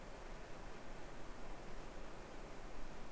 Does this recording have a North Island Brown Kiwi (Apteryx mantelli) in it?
no